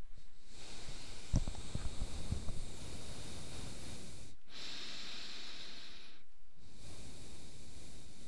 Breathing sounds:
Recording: nose breathing near a microphone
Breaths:
0.00-0.24 s: inhalation
0.24-4.44 s: exhalation
4.44-6.32 s: inhalation
6.32-8.28 s: exhalation
From the record:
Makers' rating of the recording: medium

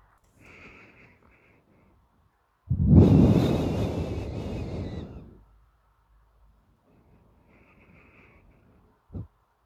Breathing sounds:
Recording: nose breathing near a microphone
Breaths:
0.00-2.17 s: inhalation
2.73-5.33 s: exhalation
6.45-9.28 s: inhalation
From the record:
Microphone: phone

